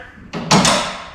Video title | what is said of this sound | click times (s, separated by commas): How to Install Curtis Canopy on Massey Ferguson GC1725MB Sub Compact Tractor | and you hear it snapped | 0.5 s